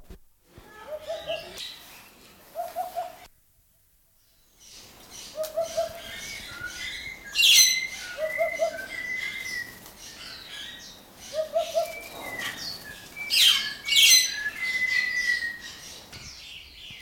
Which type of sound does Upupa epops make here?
call